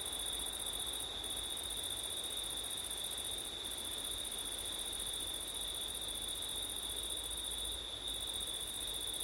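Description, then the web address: Cricket chorus, an unbroken high-pitched trill joined by a shrill upper buzz that pauses a few times, with soft wind noise underneath throughout. Crickets on a windy September night; ORTF stereo. "audio crickets wind september night ortif"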